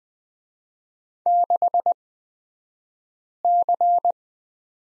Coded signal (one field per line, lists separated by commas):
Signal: Morse code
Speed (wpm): 20 wpm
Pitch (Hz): 700 Hz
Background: none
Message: 6C